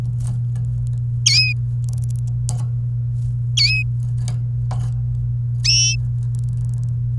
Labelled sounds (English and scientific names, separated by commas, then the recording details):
Domestic Canary (Serinus canaria) song
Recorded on 29 April 2018 at 05:43
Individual llb3